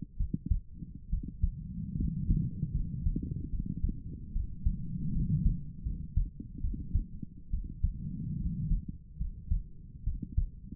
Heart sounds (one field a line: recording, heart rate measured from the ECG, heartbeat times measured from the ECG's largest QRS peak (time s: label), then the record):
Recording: heart sounds by stethoscope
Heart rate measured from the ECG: 73 bpm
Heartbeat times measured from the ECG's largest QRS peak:
0.18 s: heartbeat
1.11 s: heartbeat
1.97 s: heartbeat
2.74 s: heartbeat
3.51 s: heartbeat
4.33 s: heartbeat
5.13 s: heartbeat
5.84 s: heartbeat
6.62 s: heartbeat
7.51 s: heartbeat
8.39 s: heartbeat
9.19 s: heartbeat
10.05 s: heartbeat
From the record:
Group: healthy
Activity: cold pressor test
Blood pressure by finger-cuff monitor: 112/52 mmHg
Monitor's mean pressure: 72 mmHg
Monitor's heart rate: 71 bpm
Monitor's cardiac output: 7.7 L/min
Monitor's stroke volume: 107 mL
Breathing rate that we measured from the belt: 18 breaths a minute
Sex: female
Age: 22 years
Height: 160 cm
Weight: 63 kg